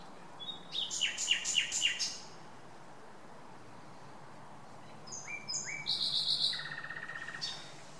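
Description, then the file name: Common nightingale song: two phrases separated by a pause, each with rapidly repeated high notes, the second ending in a lower buzzy series of strokes. "Luscinia megarhynchos"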